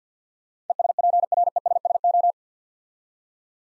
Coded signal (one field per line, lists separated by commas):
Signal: Morse code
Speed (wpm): 50 wpm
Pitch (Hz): 700 Hz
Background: none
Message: ESPRESSO